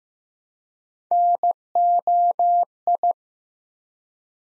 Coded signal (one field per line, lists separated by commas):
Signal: Morse code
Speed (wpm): 15 wpm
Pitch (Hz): 700 Hz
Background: none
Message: NOI